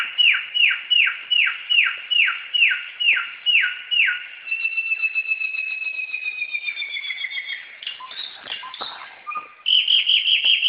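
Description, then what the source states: Black-throated laughingthrush song: a steady run of about ten falling whistles, then a long rapid trill, some scratchy notes, and a final fast rolling phrase. Recorded in a forest.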